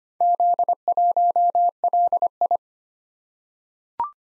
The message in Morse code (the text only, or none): Z1LI